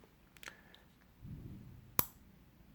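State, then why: Released. A key is inserted and turned in a Volvo P2 ignition, and the steering lock pin in the steering column lock housing drops down, releasing the steering lock. Faint small ticks and a low rustle come before one sharp, loud click at 2.0 s. The pin has released.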